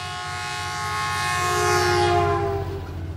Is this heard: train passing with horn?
yes